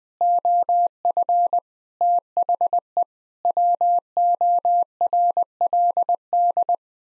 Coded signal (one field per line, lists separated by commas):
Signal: Morse code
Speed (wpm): 20 wpm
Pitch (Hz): 700 Hz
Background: none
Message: OF THE WORLD